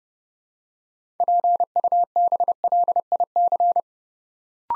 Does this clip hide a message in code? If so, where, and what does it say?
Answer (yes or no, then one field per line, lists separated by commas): yes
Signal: Morse code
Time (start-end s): 1.2-3.8 s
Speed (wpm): 28 wpm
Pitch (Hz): 700 Hz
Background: none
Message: PUBLIC